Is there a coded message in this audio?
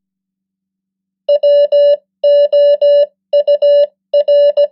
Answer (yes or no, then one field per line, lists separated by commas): yes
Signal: Morse code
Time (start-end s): 1.3-4.7 s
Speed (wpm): 17 wpm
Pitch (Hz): 580 Hz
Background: none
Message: WOUR